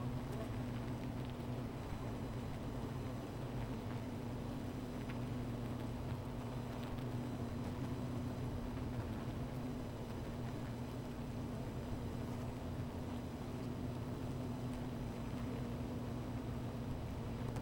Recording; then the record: honeybee colony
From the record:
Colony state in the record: missing queen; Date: 14 July 2017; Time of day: 15:59